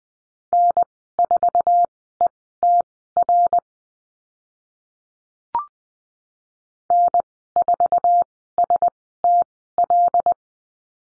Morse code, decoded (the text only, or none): N4ETR N4STL